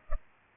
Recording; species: mosquito wingbeat signal from an infrared sensor; Culex pipiens